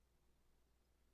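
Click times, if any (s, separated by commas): none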